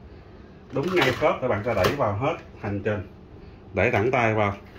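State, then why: Not seated. A laser toner cartridge is held by its handle and pushed along its guide slots into an HP LaserJet P1102 printer while someone talks. No distinct click or tick is heard, and nothing has seated yet by the end of the clip.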